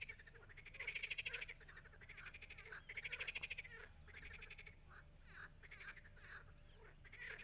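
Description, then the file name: Frogs croaking: pulsed rattling bursts, one louder caller and others overlapping, coming in quick succession with a faint low hum beneath. "Froesche"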